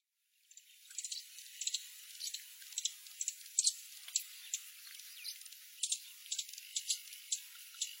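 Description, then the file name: Horned sungem song starting after a brief silence: a thin, high ticking sequence of quick chips, some slightly louder, repeated unevenly to the end. "Canto do chifre de ouro"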